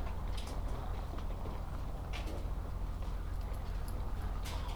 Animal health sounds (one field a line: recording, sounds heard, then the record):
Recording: poultry house recording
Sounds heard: healthy chickens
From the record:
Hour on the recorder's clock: 8